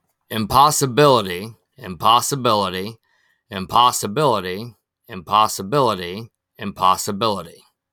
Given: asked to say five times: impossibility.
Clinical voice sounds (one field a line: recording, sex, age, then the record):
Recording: repeated word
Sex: male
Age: 30 to 39 years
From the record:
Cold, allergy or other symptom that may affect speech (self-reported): no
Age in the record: 34 years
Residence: Ohio, United States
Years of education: 15